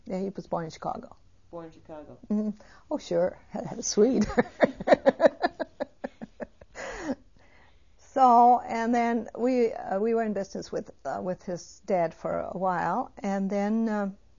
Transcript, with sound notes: He was born in Chicago.
Born in Chicago.
Oh, sure. He was a Swede. ( she laughs ) So, and then we were in business with his dad for a while, and then